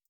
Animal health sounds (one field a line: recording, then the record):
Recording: hydrophone in a shrimp aquaculture tank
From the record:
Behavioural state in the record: feeding